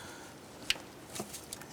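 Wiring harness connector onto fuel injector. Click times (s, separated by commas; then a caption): 0.7 s. A wiring harness connector is lined up and pushed onto a fuel injector's electrical terminal on a 1994–2004 Chevy S10, and it clicks into place with a sharp click at 0.7 s. Fainter brief clicks follow around 1.5 and 1.6 s, with some rustling around 1.2 s. The connector is seated.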